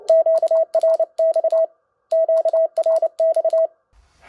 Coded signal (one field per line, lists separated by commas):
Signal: Morse code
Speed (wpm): 29 wpm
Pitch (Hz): 650 Hz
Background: none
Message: QRX QRX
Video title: MiNiPA50 HF PA with Icom IC-705: compatibility, real power output, temperature test, heatsink mod.